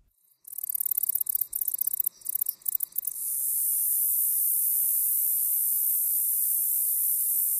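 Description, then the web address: Agile meadow katydid song: rapid high ticks in uneven bursts lead into a long, unbroken shrill buzz. "Songs of Insects. Agile Meadow Katydid"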